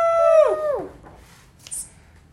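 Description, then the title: Chicken: rooster crow ending: a loud, harmonic note holds steady, then slides sharply down in pitch and fades, followed by a short rustling sound. Rooster (adult male). "Rooster"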